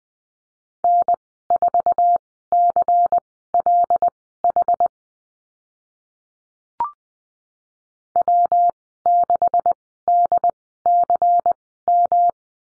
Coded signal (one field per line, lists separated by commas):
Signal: Morse code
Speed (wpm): 20 wpm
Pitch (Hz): 700 Hz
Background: none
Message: N4CLH W6DCM